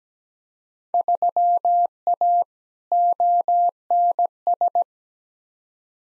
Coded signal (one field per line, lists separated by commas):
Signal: Morse code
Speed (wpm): 17 wpm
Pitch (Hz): 700 Hz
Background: none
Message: 3A ONS